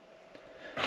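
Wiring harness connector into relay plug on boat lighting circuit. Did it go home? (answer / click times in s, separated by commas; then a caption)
no / none. The relay's wiring connector on a 2006 Malibu Wakesetter's Liquid Lumens RGBW lighting circuit is handled near its white mating plug. Quiet handling noise, a faint tick at about 0.4 s, and a louder broadband rustle near the end are heard. Nothing has seated or clicked yet.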